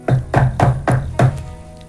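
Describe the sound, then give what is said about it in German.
Five firm knocks on the door of a party from outside, in a steady, evenly spaced rhythm, each a hollow, resonant thud with a short decay, followed by a brief quiet pause. “Du, ich bin jetzt hier an der Tür, noch draußen vor einer Party eines der ganz großen Star.”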